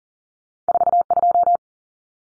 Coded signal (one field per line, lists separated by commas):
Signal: Morse code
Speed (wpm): 40 wpm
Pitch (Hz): 700 Hz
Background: none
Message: 42